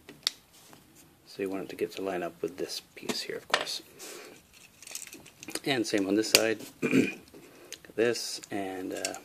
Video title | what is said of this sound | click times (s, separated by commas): Transfixed - How to fix Whirl's chicken legs | right oh it's moved this should click right into the bottom | 0.3 s